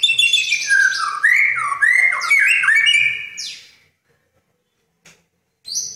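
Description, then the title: Oriental magpie-robin song of slurred whistles and quick chattering notes for about four seconds, then silence and a brief high phrase at the end. "Kicau Kacer"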